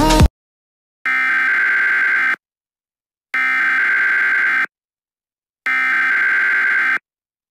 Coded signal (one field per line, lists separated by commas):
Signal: Emergency Alert System (SAME) tones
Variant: header bursts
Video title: CODE 7- EAS Scenario